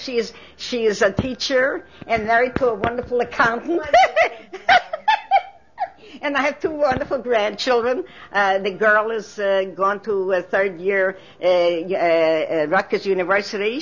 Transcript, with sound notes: She is --- she is a teacher, and married to a wonderful accountant. [Laughs] And I have two wonderful grandchildren. The girl is gone to third year at Rutger's University.